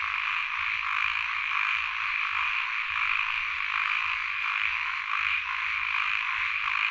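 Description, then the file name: Frogs give rhythmic low croaks while a loud continuous insect chorus hums high above them. Field recording of frogs and insects at Sen Monorom, Cambodia. "Les Cartes Postales Sonores - Insects Frogs of Sen Monorom"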